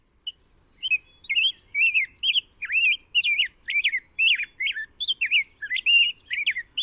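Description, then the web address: Rose-breasted grosbeak song, a fast run of rich, sweet warbled notes that rise and fall quickly. "Know Your Bird Sounds Common Western Species. Rose-breasted Grosbeak"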